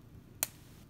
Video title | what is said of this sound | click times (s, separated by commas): Metal Robot Spirits MSZ-006C1 Z Plus C1 [Ka Signature] Review | hear it snap and | 0.4 s